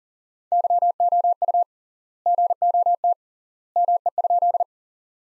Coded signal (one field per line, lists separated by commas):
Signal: Morse code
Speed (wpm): 40 wpm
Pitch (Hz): 700 Hz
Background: none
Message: YOU GOT ME?